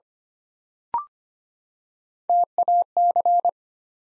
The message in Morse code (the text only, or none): TAC